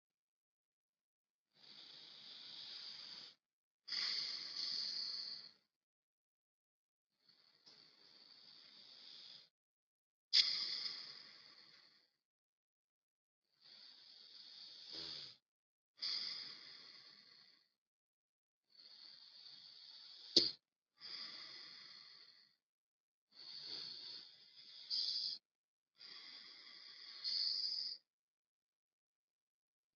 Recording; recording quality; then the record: deep breathing; excellent, no background noise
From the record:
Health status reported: healthy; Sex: male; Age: 34 years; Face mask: not worn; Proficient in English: yes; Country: India